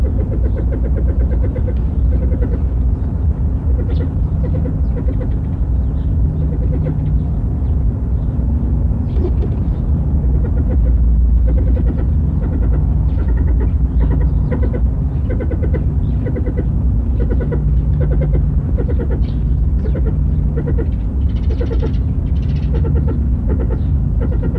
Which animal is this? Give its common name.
Mrs. Hume's Pheasant